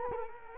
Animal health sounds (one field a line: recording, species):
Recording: mosquito wingbeat signal from an infrared sensor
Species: Culex quinquefasciatus